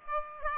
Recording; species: mosquito wingbeat signal from an infrared sensor; Aedes aegypti